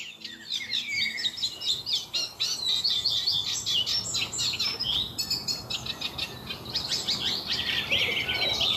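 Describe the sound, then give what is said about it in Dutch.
Two songbirds sing together in a vegetable garden in Laren, Gelderland, Netherlands: a reed warbler's chattering, rhythmic phrases overlapping with a common redstart's brief, high, fluting song, continuous and fairly loud throughout with no voices. “hoort in haar moestuin in Laren, Gelderland, een kleine karikiet in samenzang met een gekraagde roodstaart.”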